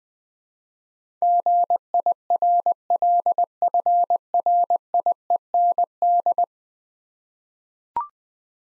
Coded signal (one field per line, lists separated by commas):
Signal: Morse code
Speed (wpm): 20 wpm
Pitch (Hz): 700 Hz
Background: none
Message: GIRLFRIEND